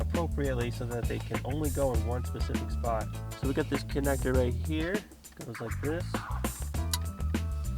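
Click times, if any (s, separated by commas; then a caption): 6.9 s. During reassembly of a Lexus IS350 touch screen unit, a plastic wiring harness connector is pushed into its socket in the touch screen/dash unit while someone talks over background music. A sharp click at 6.9 s confirms the connector is seated and making a good connection.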